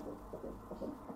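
Fetal heartbeat of a male fetus, the baby's heart beating, heard by ultrasound Doppler.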